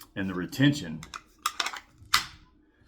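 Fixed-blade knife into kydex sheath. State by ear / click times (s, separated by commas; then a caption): seated / 2.1 s. A fixed-blade knife is pushed into its molded Kydex sheath while someone talks. A few sharp clicks follow, and at 2.1 s the blade snaps in, locked in firmly under the sheath's retention.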